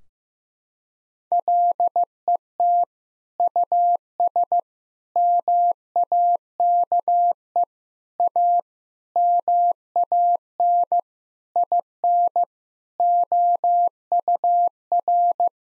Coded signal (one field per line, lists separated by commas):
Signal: Morse code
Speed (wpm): 16 wpm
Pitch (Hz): 700 Hz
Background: none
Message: LET US MAKE A MAN IN OUR